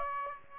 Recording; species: mosquito wingbeat signal from an infrared sensor; Aedes aegypti